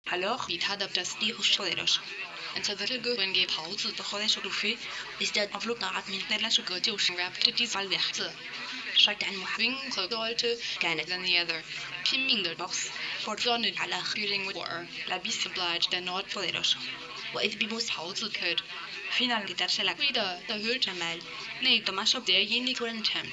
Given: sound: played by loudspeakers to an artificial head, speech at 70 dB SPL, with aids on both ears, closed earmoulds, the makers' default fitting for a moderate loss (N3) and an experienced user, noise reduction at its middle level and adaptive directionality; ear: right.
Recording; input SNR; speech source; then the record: speech test signal (ISTS) in cocktail-party noise; +9 dB; on the right (90 degrees)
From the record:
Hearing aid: class 1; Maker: A